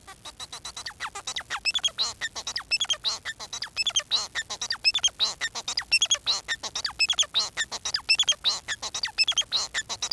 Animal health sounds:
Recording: song of a male Bengalese finch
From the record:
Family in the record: son of father 4

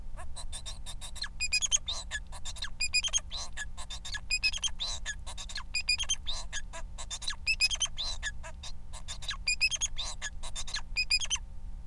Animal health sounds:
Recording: song of a male Bengalese finch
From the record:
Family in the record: son of father 4

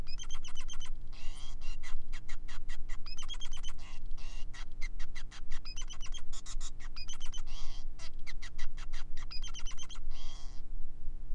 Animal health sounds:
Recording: song of a male Bengalese finch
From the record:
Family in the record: son of father 5

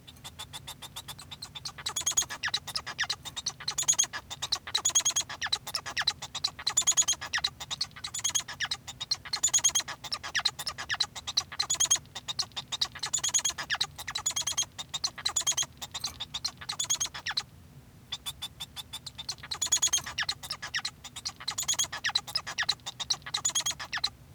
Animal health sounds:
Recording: song of a male Bengalese finch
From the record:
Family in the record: son of father 1

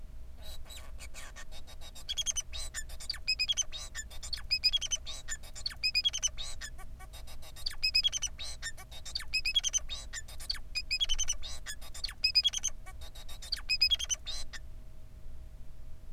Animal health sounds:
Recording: song of a male Bengalese finch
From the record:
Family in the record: son of father 4

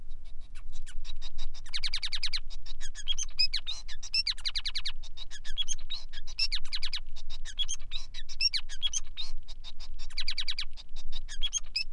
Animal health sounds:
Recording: song of a male Bengalese finch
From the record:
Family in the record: son of father 5

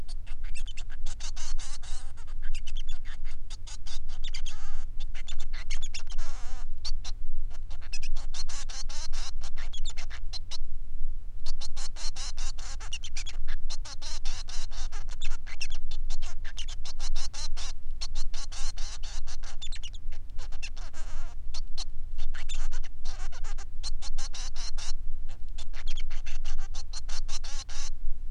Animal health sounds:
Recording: song of a male Bengalese finch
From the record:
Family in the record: son of father 3

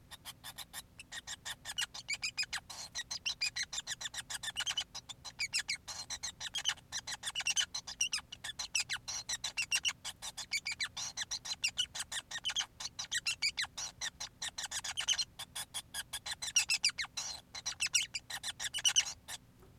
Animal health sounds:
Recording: song of a male Bengalese finch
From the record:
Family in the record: son of father 5

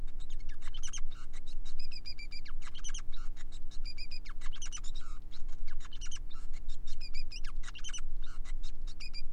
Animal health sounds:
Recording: song of a male Bengalese finch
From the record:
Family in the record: son of father 5

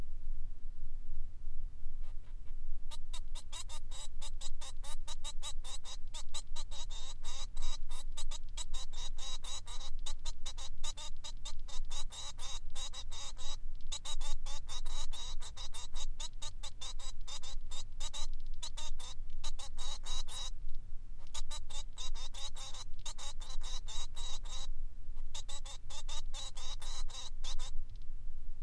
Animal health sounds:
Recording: song of a male Bengalese finch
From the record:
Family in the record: son of father 3

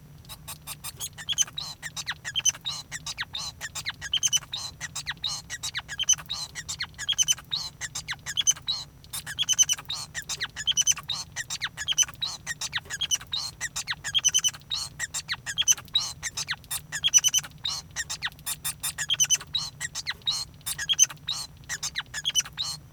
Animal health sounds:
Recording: song of a male Bengalese finch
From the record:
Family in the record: son of father 5

